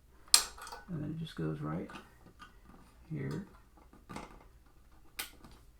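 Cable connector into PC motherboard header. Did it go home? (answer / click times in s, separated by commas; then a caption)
yes / 5.2 s. A clip-type cable connector is pushed into its header on a PC motherboard while someone talks. It seats with one sharp click at 5.2 s.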